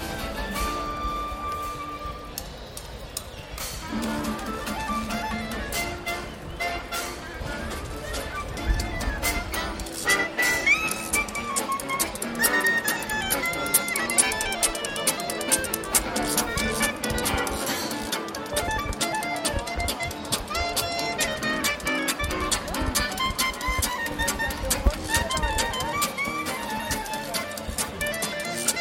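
A bicycle ride through central Bogotá: a dense, steady city wash with scattered voices and clattering, clicking sounds throughout. Shifting tones rise and fall across the middle of the clip, with low rumbles near ten and twenty seconds.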